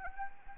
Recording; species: mosquito wingbeat signal from an infrared sensor; Anopheles arabiensis